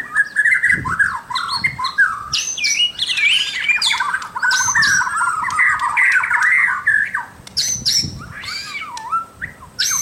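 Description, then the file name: White-rumped shama pouring out varied whistles, buzzy rattles and sharp high notes in quick succession, ending with looping slurred phrases. Local name murai batu; labelled mahkota. "suara-murai-batu-mahkota-v 2"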